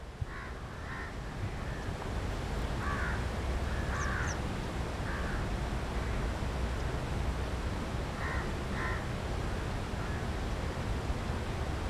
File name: Purple Swamphen